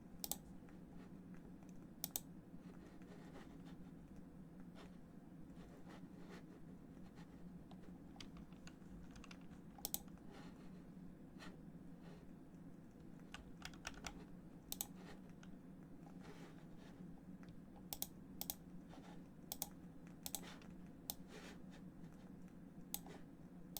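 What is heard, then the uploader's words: Keyboard typing clicks in irregular bursts, with sharp sparse keystrokes scattered throughout over a steady low hum underneath. ASMR Keyboard sounds & mouse sounds No Talking.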